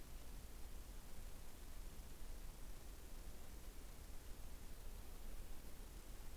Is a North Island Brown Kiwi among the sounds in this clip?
no